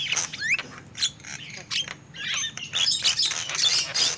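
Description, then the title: Lovebirds make scattered sharp squeaks and chirps in irregular bursts, with a low rumbling hum throughout. Lure call used for trapping lovebirds. "PIKAT BURUNG LOVEBIRD"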